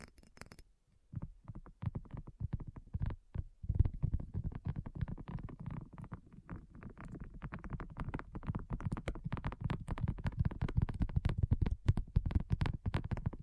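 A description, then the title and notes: Addictive tapping: rapid, dense taps with a dull, low thud, coming in quick irregular clusters. After a brief quiet start and a few pauses near the four-second mark, the tapping grows steadier and slightly louder, continuing almost without break to the end. ASMR Addictive Tapping. (No Talking).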